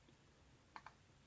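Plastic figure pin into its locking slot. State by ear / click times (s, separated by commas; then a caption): seated / 0.8 s, 0.9 s. During the change to rocket mode, a pin on the second side of a plastic Transformers Fall of Cybertron Topspin robot figure is pressed into its locking slot. Two quick, sharp clicks sound at 0.8 s and 0.9 s over a quiet background, and the pin locks into place.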